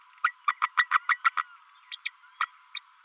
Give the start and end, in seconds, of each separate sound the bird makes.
0.23-0.33, 0.47-0.54, 0.61-0.70, 0.77-0.86, 0.91-0.99, 1.08-1.18, 1.24-1.30, 1.37-1.45, 1.91-1.96, 2.05-2.10, 2.40-2.47, 2.75-2.80